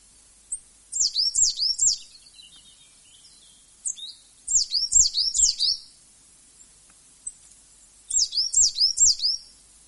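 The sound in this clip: Coal tit song in three short bursts of quick, high, bouncing notes, each spaced about three to four seconds apart and separated by quiet.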